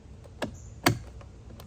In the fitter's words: now the mirror just snaps back in place